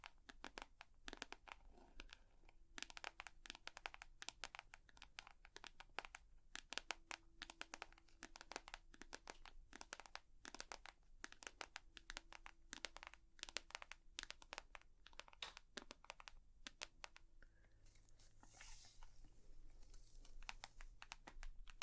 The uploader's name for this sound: Tapping